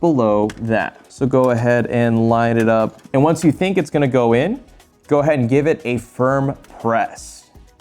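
A graphics card is lined up with the second PCIe slot on a motherboard, the one just below the topmost slot, ready to be pressed firmly into place while someone talks throughout. The card has not seated or clicked into the slot yet.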